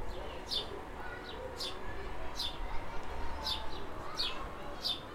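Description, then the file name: House sparrow giving several short, high chirps over a heavy low rumble of background noise. "Passer domesticus"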